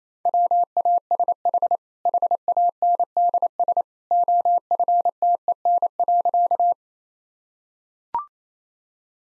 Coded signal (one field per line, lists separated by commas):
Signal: Morse code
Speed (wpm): 28 wpm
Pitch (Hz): 700 Hz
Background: none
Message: WASH HANDS OFTEN.